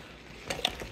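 A quick-release accessory mount that was locked onto a motorcycle mounting plate on a KTM 690 dirt bike is worked loose with one hand, to test whether it can be removed one-handed. Sharp mechanical latch clicks are heard at 0.5 s and 0.7 s over a quiet background. The mount unlatches and is released from the bike.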